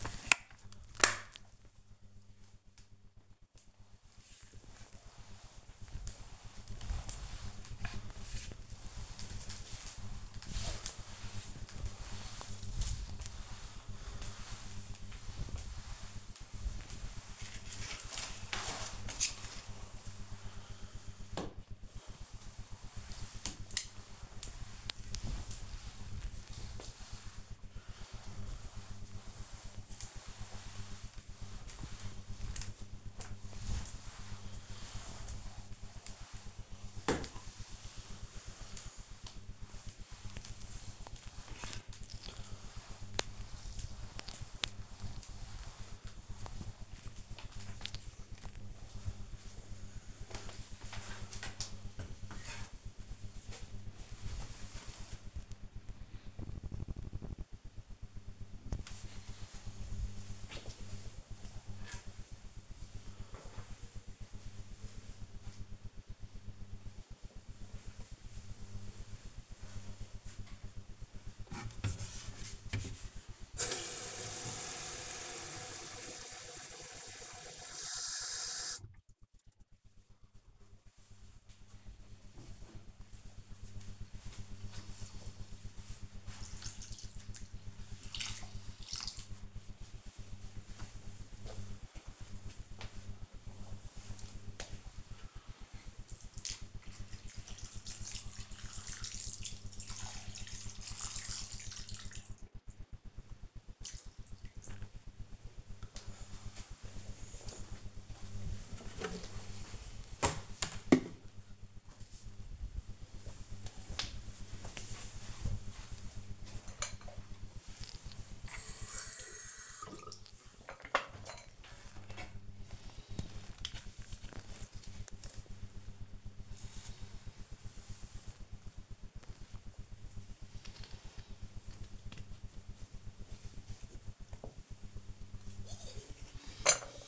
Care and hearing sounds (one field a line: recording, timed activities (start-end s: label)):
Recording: household activities, microphone on the right wrist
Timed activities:
0.00-48.52 s: floor cleaning
69.61-103.83 s: watering plant
116.92-137.08 s: brushing teeth